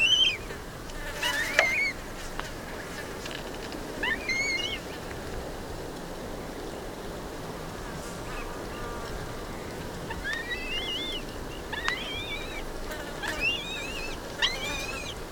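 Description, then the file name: Black-breasted buzzard producing piercing whistled calls, a few early then a quick series of wavy, slurred notes near the end, over broad steady hiss. "Hamirostra Melanosternon"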